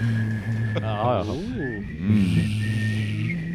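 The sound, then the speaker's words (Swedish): A person hums a steady low note while whistling a thin, higher tone at the same time. Midway the hummed pitch swoops up and down in wavering glides before settling again. “Kan ni göra så att ni hummar och visslar samtidigt?”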